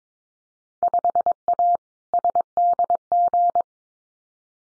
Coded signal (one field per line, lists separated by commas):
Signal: Morse code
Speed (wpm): 22 wpm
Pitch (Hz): 700 Hz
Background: none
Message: 5A SDG